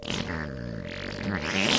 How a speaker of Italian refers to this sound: E a me, nel bel mezzo di un saluto a un compagno di partito, mi scappa una scorreggia.